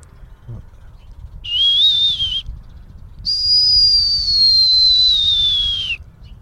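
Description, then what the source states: Common Starling song: two long clear whistles, a short wavering one followed by a longer note that slowly slides downward, over a low background rumble. Singing on a roof in Amsterdam, in spring.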